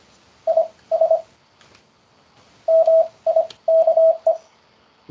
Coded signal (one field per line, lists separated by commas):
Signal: Morse code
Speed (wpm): 26 wpm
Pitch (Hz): 650 Hz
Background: none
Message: IS MIKE